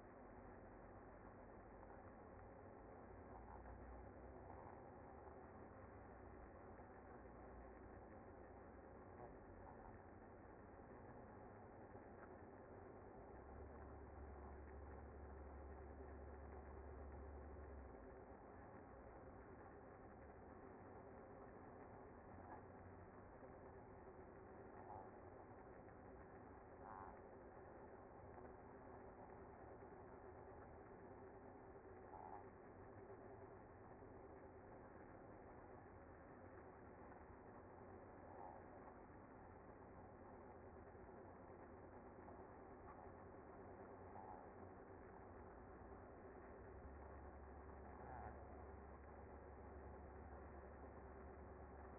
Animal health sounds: honeybee colony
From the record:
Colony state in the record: active

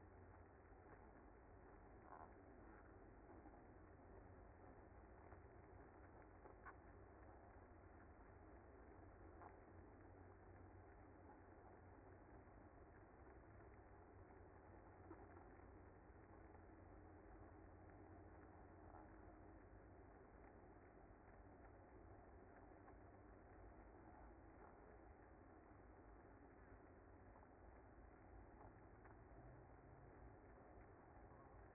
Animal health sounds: honeybee colony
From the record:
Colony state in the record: active

